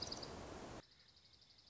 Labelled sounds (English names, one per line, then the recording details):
Dark-eyed Junco
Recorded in Sonoma County, California